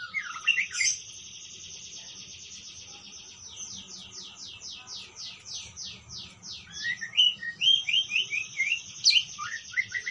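Parakeet warbling, a long buzzy rattling phrase of fast repeated downslurred notes, followed by quicker sharp chirps toward the end.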